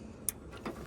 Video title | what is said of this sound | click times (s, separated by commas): Dodge Ram 94-02 Tow mirrors Boost Auto Parts full installation | we're going to just squeeze gently till we hear it click | 0.3 s